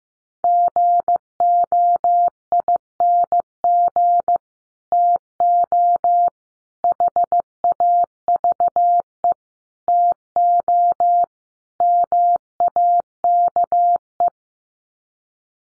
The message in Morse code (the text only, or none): GOING TO HAVE TO MAKE